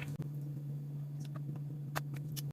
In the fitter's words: okay I just heard a click and but this is quite